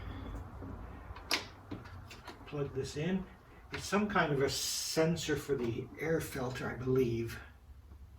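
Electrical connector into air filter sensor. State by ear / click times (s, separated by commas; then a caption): not seated / none. An electrical connector is handled as it is being plugged into a sensor near the air filter housing on a BMW E90 328i with the N52 engine. Someone talks throughout, with short, sharp handling sounds around 1.3 and 2.1 seconds. Nothing has seated or clicked yet when the clip ends.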